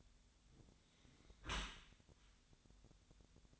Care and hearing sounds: daily activity, microphone in the room; close dishwasher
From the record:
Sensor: 3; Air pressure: 1006.7 hPa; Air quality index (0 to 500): 207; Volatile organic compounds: 19 ppm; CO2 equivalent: 2647 ppm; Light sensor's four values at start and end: 10/24/10/10 and 10/24/10/10

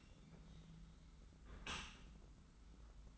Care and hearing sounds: daily activity, microphone in the room; close dishwasher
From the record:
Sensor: 3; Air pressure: 991.3 hPa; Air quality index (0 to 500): 134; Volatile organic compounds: 215 ppm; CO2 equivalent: 4260 ppm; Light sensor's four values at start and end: 51/138/56/50 and 51/138/56/50

